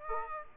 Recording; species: mosquito wingbeat signal from an infrared sensor; Aedes aegypti